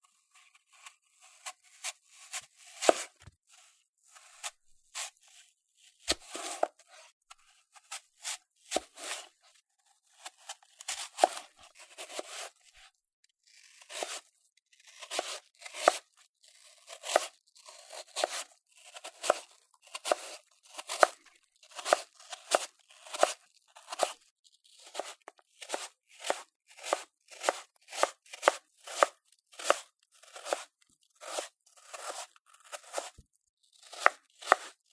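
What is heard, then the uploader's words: A knife cuts through apple in crisp, crunchy strokes, irregular at first, then a fast steady rhythm of sharp chops. 切蘋果｜Cutting Apple.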